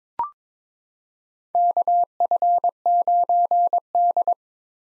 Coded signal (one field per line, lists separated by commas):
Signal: Morse code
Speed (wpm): 22 wpm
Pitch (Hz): 700 Hz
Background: none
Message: KF9D